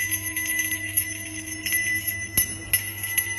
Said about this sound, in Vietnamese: dẫn đầu là một bà già ăn mặc kỳ lạ, tay chống gậy, đặc biệt là trên đỉnh đầu gậy có gắn một cái chuông. Mỗi một lần bà già chống gậy xuống đất thì cái chuông lại lắc kêu lên những tiếng leng keng leng keng.